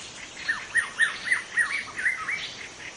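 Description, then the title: White-rumped shama song, a fast series of looping, slurred whistled notes repeated about four times a second at an even middle pitch. In forest; local name murai batu hutan. "Suara burung murai batu hutan"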